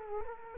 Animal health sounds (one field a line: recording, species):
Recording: mosquito wingbeat signal from an infrared sensor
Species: Culex quinquefasciatus